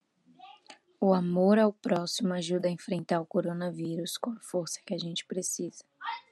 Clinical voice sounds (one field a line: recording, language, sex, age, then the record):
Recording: spoken sentence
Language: Brazilian Portuguese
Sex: female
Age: 20 to 29 years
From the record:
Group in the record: control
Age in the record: 23 years